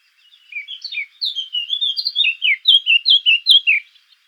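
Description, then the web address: Eurasian blackcap singing a brisk warble that starts softly and grows louder, ending in a run of clear, evenly spaced slurred notes. "sylvia atricapilla call"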